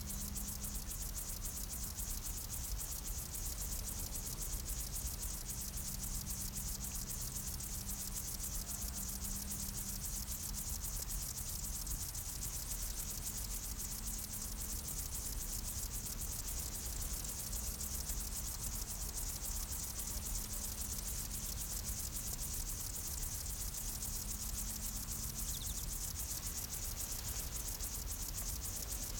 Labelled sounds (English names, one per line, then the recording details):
Upland Field Grasshopper stridulation
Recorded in the wild
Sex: male
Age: imago
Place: Botanische Anlage Blankenfelde, Berlin, DE
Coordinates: 52.603, 13.4
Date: 1994-08-07
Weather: heiter, 20-22°C
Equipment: Marantz CP 430, Sennheiser ME 80, Kopie Uher Variocord 263
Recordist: Tembrock, Günter